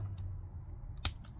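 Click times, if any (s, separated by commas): 1.0 s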